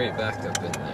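An ABS wheel-speed sensor is handled as it is slid back into its bore in the wheel hub assembly, with someone talking over faint vehicle-like background noise and two brief broadband rustles near 0.5 and 0.7 seconds. Nothing has seated or clicked yet; the sensor is not yet pushed home.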